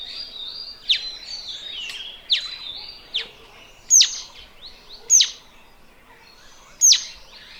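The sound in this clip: Mountain bulbul calls: several sharp, high downslurred notes at irregular intervals, over softer twittering.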